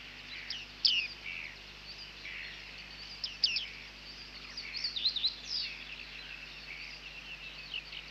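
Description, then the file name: Bearded reedling calls: scattered high metallic pings and short descending notes over a steady faint background hiss. "Bearded Tit (Panurus biarmicus)"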